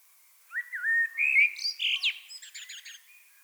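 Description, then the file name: Common blackbird song: a slurred, whistled run of low fluty notes leading into a rapid, buzzy high twitter at the close. "Turdus merula"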